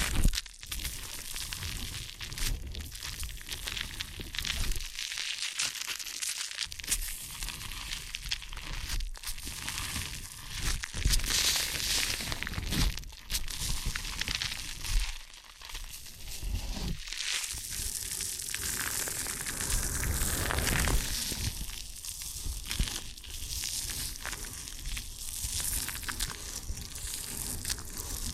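Ear and scalp massage with continuous rustling, scratchy friction that crackles and crinkles at a busy, uneven pace. Brief quieter pauses come around 5–7 and 15–17 seconds, and the rubbing grows brighter and denser from about 17 seconds onward.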